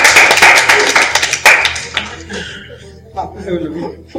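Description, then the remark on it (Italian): A short burst of applause, brisk overlapping claps for about two seconds before thinning out, while people's voices carry on talking underneath and afterward. “Applaudite, sono le ultime soddisfazioni, diamogliele, voglio dire.”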